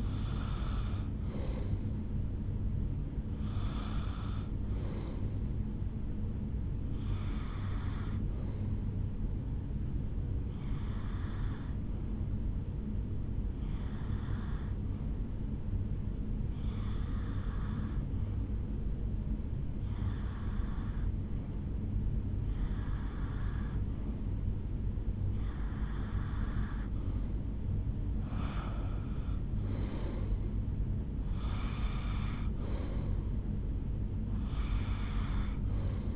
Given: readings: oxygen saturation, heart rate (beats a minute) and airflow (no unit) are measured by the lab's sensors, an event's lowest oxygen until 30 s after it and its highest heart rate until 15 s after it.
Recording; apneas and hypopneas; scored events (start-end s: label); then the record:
breathing in sleep by a smartphone at the bedside; 1
18.00-32.10 s: hypopnea (N1, oxygen 94% highest, then 92% lowest, heart rate 73 at the start, 78 highest)
From the record:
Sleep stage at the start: N1 (lightest sleep); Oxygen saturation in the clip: 92 to 94%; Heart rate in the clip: 72 to 78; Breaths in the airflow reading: 12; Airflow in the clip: -8.3 to 4.4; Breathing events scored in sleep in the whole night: 449 in 7.0 hours asleep